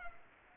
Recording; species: mosquito wingbeat signal from an infrared sensor; Culex pipiens